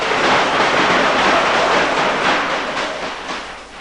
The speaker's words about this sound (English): I believe the compositors used to bang on their benches, just make a noise. The boy would be walked through the departments to the accompaniment of the loudest noise possible.